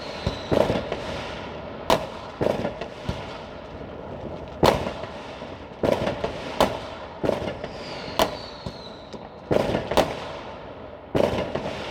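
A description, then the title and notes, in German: New Year's Eve fireworks crack and boom in irregular bursts, roughly one or two sharp bangs every second, some followed by rumbling tails. Between the blasts a steady crackle and murmur continues, and thin whistling rockets rise briefly around four and eight seconds. Silvesternacht: Feuerwerk und Freude.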